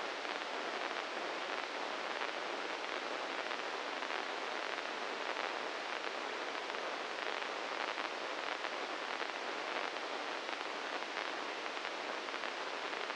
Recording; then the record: brain microelectrode recording played as sound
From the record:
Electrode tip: inside the subthalamic nucleus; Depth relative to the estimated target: 1 mm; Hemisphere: right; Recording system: NeuroSet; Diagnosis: Parkinson's disease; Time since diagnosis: 15 years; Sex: male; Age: 65 years